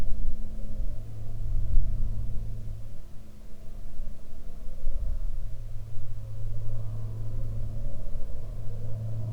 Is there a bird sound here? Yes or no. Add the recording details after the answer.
no. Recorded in the Prudhoe Bay oil fields, Alaska, on 7 August 2019 at 08:47. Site 17